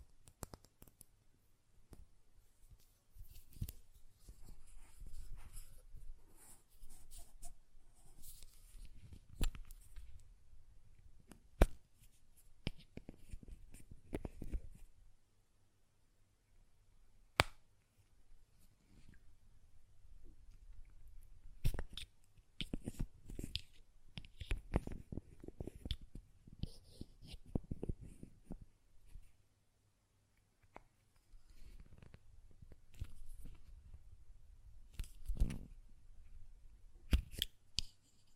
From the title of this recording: Glass Perfume Bottle Tapping & Lid Sounds